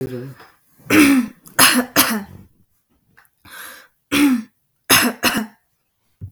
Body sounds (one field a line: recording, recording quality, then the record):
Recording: shallow voluntary cough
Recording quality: excellent, no background noise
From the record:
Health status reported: exposed to COVID-19, no respiratory illness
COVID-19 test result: negative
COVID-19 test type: RT-PCR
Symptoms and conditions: cough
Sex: female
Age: 24 years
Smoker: no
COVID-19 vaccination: both doses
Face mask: not worn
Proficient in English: yes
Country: United States